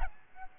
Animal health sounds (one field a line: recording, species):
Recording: mosquito wingbeat signal from an infrared sensor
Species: Aedes albopictus